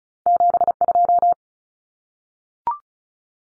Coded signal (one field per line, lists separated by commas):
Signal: Morse code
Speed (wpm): 36 wpm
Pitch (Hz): 700 Hz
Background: none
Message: 72